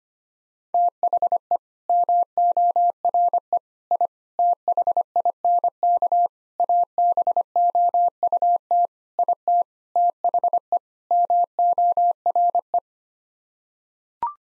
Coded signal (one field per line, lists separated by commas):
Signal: Morse code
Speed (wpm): 25 wpm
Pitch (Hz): 700 Hz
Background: none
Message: THE MORE I THINK ABOUT IT THE MORE